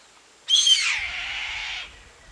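Bird giving one drawn-out, rasping screech that falls gently in pitch over more than a second, with faint low rumbling underneath.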